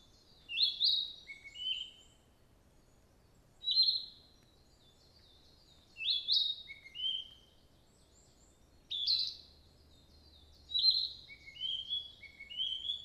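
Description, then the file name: Narcissus flycatcher song: short high whistled phrases of sliding notes and lower trills, repeated every two to three seconds, over a faint low background hum. "kibitaki takagi"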